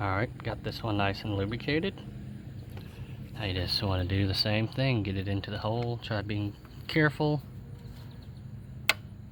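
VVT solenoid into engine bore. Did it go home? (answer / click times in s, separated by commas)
yes / 8.9 s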